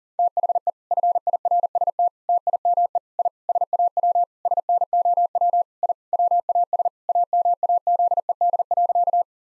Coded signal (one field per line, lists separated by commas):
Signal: Morse code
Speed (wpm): 40 wpm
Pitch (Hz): 700 Hz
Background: none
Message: THE FIRST TIME I SAW SNOW I WAS AMAZED.